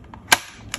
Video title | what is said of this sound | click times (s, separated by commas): Brother PT1280 P-touch Label Maker: Basic Setup, Inserting TZ tape or TZe Tape | and it too will click into this machine | 0.3 s